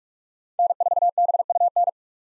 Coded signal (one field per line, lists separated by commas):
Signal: Morse code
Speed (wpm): 44 wpm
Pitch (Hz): 700 Hz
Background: none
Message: N4BUN